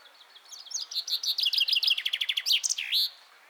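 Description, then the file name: Common chaffinch song: a fast series of high trilled phrases dropping in pitch, finishing with a short emphatic flourish. "Fringilla coelebs"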